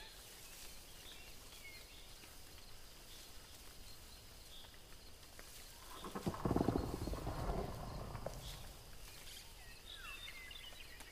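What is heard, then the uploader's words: Jungle ambience with a steady bed of insect hiss and scattered bird chirps, broken around six seconds by a deep, rough animal roar. Mysterious jungle ambience | beastlands | deep roar | dangerous forest.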